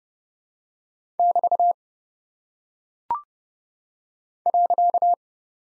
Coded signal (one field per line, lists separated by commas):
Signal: Morse code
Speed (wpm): 30 wpm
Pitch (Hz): 700 Hz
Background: none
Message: <BT> .